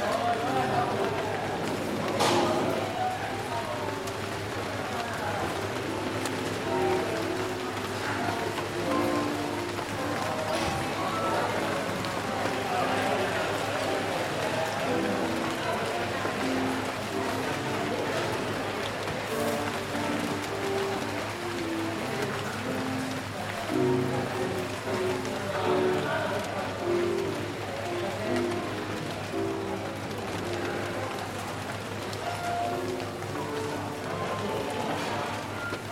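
A busy coffee shop where many voices chatter at once in a steady murmur, over a soft patter of rain and a low hum. Sharp cup clinks sound now and then, near 2, 10 and 19 seconds, with faint piano notes drifting underneath.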